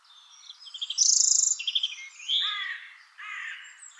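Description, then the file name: European robin song: a quick rattling trill of high notes, then lower, fuller buzzy notes near the end. "Erithacus rubecula"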